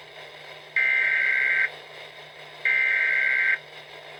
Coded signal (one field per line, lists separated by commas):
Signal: Emergency Alert System (SAME) tones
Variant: header bursts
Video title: Radio EAS: Orange County Required Monthly Test 1/21/21 (EAS #142)